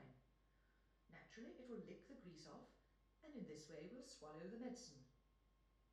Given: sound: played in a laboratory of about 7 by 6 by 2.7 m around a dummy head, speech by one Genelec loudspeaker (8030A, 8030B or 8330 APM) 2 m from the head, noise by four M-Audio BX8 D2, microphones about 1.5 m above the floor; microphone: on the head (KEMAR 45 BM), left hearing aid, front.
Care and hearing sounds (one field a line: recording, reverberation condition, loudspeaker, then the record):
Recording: female speech in English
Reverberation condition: medium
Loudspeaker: 90 degrees to the right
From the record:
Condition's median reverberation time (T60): about 510 ms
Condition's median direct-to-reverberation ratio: about -0.5 dB